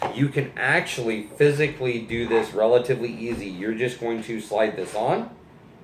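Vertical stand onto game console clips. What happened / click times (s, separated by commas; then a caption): Handled, no seating click yet / none. A plastic vertical stand is being slid onto the clips on the side of an Xbox One S game console while someone talks throughout. The clip ends before the stand goes home, so nothing has seated or clicked yet.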